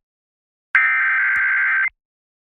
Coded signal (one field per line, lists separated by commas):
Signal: Emergency Alert System (SAME) tones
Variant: header bursts